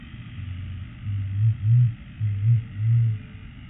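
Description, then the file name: Blue-billed curassow giving deep booming hums, five low humming notes in quick series, the later ones swelling louder, over a steady low background hum. "Blue billed Curassow Crax alberti"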